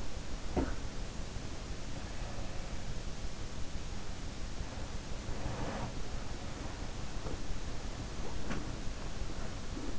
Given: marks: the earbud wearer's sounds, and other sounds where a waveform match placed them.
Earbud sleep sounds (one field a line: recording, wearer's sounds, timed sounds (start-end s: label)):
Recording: sounds in sleep by an in-ear microphone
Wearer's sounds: teeth grinding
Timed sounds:
0.00-1.38 s: teeth grinding
4.66-9.99 s: sound from someone else or the room